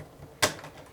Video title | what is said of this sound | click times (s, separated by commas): How to Replace the Cricut Pen Holder | and it will kind of Click into place and now when I take my pen | 0.4 s